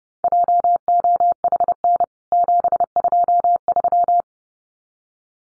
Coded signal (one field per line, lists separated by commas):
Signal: Morse code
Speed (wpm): 30 wpm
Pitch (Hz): 700 Hz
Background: none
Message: JOHN 723